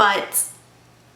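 A Tom Ford Limited Edition Summer 2013 Illuminating Cheek Color blush compact is handled as its lid is pressed toward closed; the lid needs a little extra force to latch with a click, or the product dries out. Someone talks briefly, then there is a short, soft, high-pitched rustle around 0.4 s before the sound fades to quiet. Nothing has clicked or seated yet.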